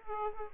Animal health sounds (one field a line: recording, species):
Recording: mosquito wingbeat signal from an infrared sensor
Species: Aedes aegypti